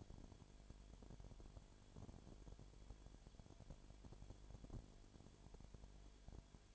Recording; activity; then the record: daily activity, microphone in the room; no activity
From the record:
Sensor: 5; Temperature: 19.9 degrees Celsius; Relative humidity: 37.1%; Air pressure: 1007.3 hPa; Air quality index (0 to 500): 84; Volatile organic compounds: 1 ppm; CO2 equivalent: 962 ppm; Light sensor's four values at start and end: 2/3/1/1 and 2/3/1/1